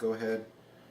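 A new primer is being pressed into the primer pocket of a pistol brass cartridge case with a hand priming tool while someone talks briefly before the clip falls quiet. Nothing has seated or clicked yet.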